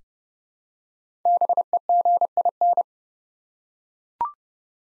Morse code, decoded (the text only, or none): BEGIN